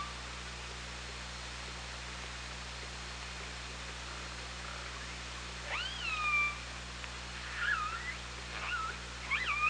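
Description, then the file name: Killer whale calls: after a long hissy stretch, wavering harmonic squeals that rise then drop, followed by a quicker run of shorter calls, with low steady hum underneath. OrcaLab hydrophone, 24 August 2017. "Orca Lab UTLN JASON 20170824 170644"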